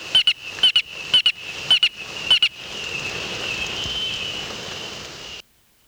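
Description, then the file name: Robust chirper frog giving quick paired chirps about twice a second for a few seconds, then a steady hiss of background noise continues alone. "Austrochaperina robusta"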